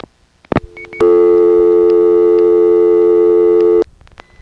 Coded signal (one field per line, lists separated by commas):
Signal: telephone call progress tone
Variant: North America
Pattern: dial tone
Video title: Evan Doorbell: Kennedy Airport Phone Trip